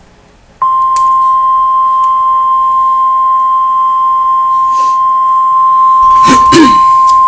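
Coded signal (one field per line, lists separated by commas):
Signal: Emergency Alert System (SAME) tones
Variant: 1050 Hz attention tone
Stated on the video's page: Mock EAS tornado emergency for Wichita, Kansas; simulated.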